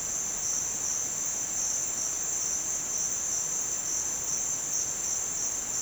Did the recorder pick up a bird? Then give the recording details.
no. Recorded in dense forest near Puerto Asís, Putumayo, Colombia, on 29 June 2025 at 15:30. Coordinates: 0.484, -76.317. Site G045